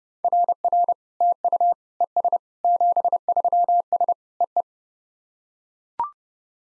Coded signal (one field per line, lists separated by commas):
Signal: Morse code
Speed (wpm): 30 wpm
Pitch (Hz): 700 Hz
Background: none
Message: RR TU ES 73S EE